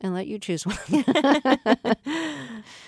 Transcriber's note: soundbite of laughter